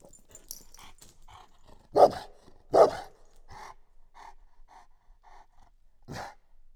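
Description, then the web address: Dog barking: two loud, rough barks close together, then a third later, with softer yelps and huffs between them. Chained dog at the end of its chain, outdoors at the Oktáva tourist house near Eger, Hungary, dated 01-28. "allathangok termeszetben kutya lancvegencsahol octava egerturistahaz 01 28"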